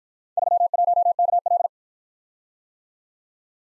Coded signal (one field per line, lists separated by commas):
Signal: Morse code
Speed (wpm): 52 wpm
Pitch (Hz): 700 Hz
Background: none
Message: 31KL